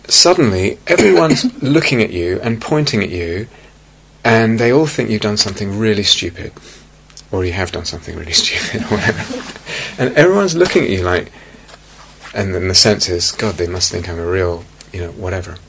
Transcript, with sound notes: suddenly, everyone's looking at you and pointing at you, and they all think you've done something really stupid. Or you have done something really stupid. [laughter] And everyone's looking at you, like -- and the sense is, "God, they must think I'm a real" whatever.